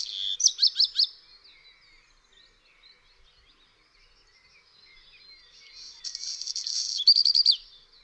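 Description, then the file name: Black redstart song: a quick burst of high whistled notes, a pause, then a scratchy crackling passage ending in a short run of bright whistles. "Kopciuszek"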